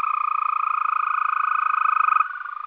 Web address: Green Toad